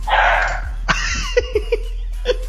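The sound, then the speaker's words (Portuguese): A dog lets out a drawn-out, high whining bark, then a sharp yelp and a string of short, clipped yips spaced irregularly, with no one talking. “Lá vem o cachorro de Murilo.”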